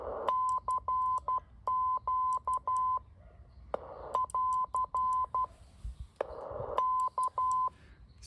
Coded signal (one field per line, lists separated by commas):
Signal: Morse code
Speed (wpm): 12 wpm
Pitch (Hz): 1020 Hz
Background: none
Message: CQ <AR> K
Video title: A trip to the back yard hamming - MFJ-9040 Station